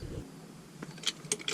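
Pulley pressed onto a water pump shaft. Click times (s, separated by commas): 1.1 s, 1.3 s, 1.5 s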